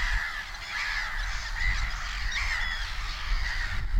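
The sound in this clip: Black-headed gull calls, short harsh cries repeated about once a second over a constant low rumble.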